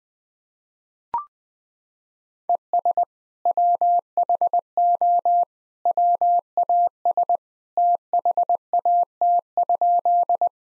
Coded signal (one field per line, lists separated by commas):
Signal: Morse code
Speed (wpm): 21 wpm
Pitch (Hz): 700 Hz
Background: none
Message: ES WHO WAS THAT?